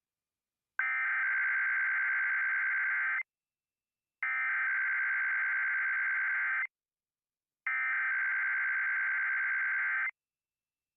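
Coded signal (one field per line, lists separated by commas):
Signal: Emergency Alert System (SAME) tones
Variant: header bursts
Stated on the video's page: Required Monthly Test aired on a Phoenix FM sports station during a baseball broadcast, captured via an app stream.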